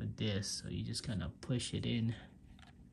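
A swappable plastic d-pad is being pushed onto the face of a Mobapad Chitu wireless Bluetooth game controller so its small locking tabs can hold it in place. Someone talks throughout, followed by faint small ticks near the end. The clip ends before the part goes home, and nothing has clicked or seated yet.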